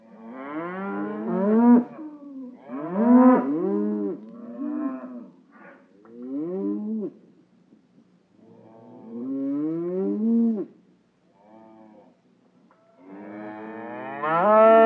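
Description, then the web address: Cattle bellowing, several overlapping drawn-out moos with rich harmonics, some rising then falling, coming in bursts of one to two seconds with short gaps between them. Many cows bellowing. "SFXSource AOS Cows Many Bellowing"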